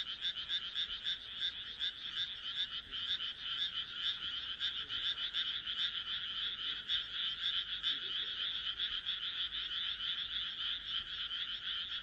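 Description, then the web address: Dense frog chorus of rapid overlapping croaks, a constant rattling drone with uneven rhythm. "kaeru kaeru"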